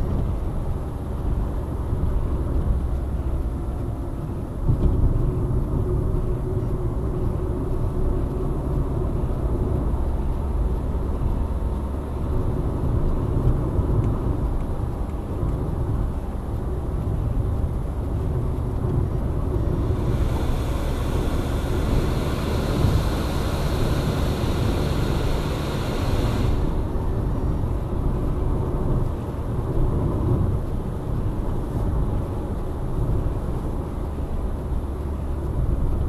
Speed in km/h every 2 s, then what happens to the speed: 80, 70, 65, 68, 72, 73, 74, 77, 77, 74, 74, 74, 80, 81, 82, 81, 78, 76.
1-4 brakes to 65. 4-13 speeds up to 77. 13-21 steady at about 74. 21-23 speeds up to 80. 23-28 steady at about 81. 28-36 slows to 76.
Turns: none.